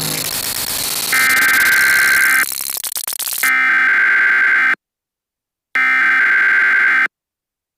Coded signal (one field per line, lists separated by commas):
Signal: Emergency Alert System (SAME) tones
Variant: header bursts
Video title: EAS Scenario #6:SCP Containment Breach